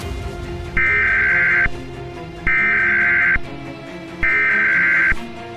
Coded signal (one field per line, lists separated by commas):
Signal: Emergency Alert System (SAME) tones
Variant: header bursts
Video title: EAS Scenario: Alien Armada